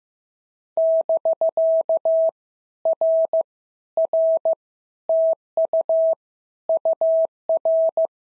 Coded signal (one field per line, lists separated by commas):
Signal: Morse code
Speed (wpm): 15 wpm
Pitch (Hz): 650 Hz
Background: none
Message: <BK> R R TU UR